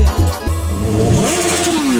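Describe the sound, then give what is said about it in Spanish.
A motorcycle engine revs loudly, its low rumble building into a rising, whining pitch that climbs steadily over a couple of seconds, with no voices over it. “Yo tengo una moto muy veloz.”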